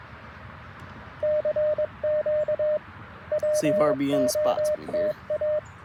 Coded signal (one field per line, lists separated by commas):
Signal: Morse code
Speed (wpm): 22 wpm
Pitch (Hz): 610 Hz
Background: speech, radio noise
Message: CQ WOTA